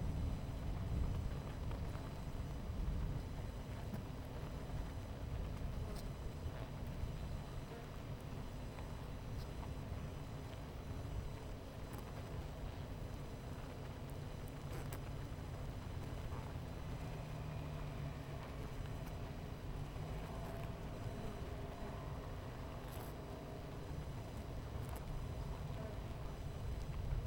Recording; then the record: honeybee colony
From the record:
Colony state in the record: missing queen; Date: 14 July 2017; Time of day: 11:16